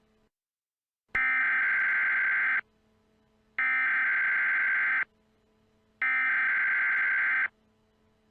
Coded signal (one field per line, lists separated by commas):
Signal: Emergency Alert System (SAME) tones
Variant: header bursts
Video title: EAS MOCK - Evil Darwin Part 1